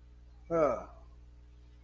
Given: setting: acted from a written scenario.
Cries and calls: vocal sound without words; neutral

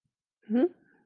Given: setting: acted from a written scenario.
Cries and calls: vocal sound without words; confusion

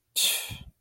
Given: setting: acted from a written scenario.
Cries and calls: vocal sound without words; contempt

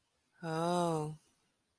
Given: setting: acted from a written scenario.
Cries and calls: vocal sound without words; sympathy

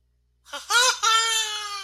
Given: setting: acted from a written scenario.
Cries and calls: vocal sound without words; elation

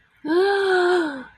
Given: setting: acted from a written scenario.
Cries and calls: vocal sound without words; ecstasy

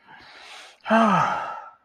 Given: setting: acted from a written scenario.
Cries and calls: vocal sound without words; ecstasy

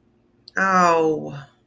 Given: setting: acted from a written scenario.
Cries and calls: vocal sound without words; disappointment

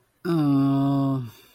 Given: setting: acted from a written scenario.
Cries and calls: vocal sound without words; guilt

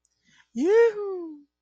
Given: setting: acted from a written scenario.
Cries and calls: vocal sound without words; triumph

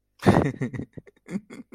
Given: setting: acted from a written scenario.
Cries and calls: vocal sound without words; amusement

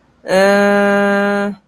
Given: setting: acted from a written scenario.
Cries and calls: vocal sound without words; neutral

